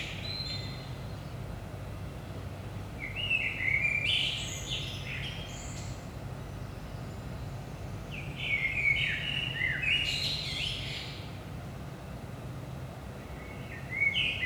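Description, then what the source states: Common blackbird delivering leisurely song phrases, mellow whistles breaking into high chittering ends, separated by pauses of several seconds, against a constant low drone. Recorded in Saint-Gilles, Belgium, early morning at 5 am; DPA 4060 microphones in AB position into a Zoom F3 recorder.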